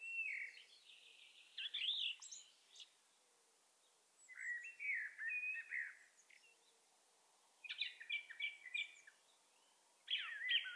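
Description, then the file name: Common blackbird song: four twittering, warbled phrases separated by short silences, some with thin high notes on top. "Turdus merula"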